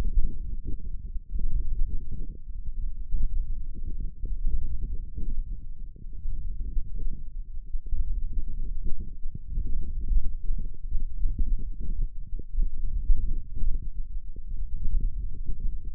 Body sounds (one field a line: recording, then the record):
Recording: forearm muscle sounds (acoustic myography)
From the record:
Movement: index flexion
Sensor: system 1, eight BSWA MPA416 microphones around the upper forearm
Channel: 5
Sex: male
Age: 18 years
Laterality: right